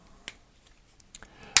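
The two plastic halves of a Kia Optima (2015-2020) / Kia K5 smart key fob are pressed together over the battery compartment after the CR2032 coin cell is replaced. Sharp snap clicks sound at 0.3, 1.2 and 1.6 seconds, with faint small ticks in between, and the last click is the loudest. The shell halves seat and the fob is completely closed.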